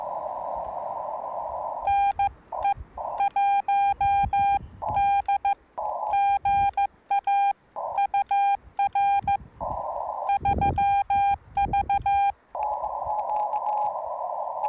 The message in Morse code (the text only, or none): NE1D GA UR 3V